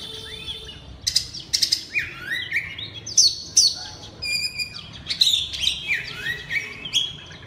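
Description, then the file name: Oriental magpie-robin: songbird belting out varied whistles and harsh chattering notes, with a short buzzy nasal burst midway. Loud song in the ngeplong style. "suara kacer ngeplong keras"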